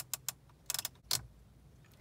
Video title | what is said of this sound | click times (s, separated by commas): Review of Universal Car Phone Holder Mount [Never Fall Off]FLOVEME Air Vent Cell Phone Mount Cradle | then you want to twist it to lock it you can hear it clicking | 0.1 s, 0.3 s, 0.7 s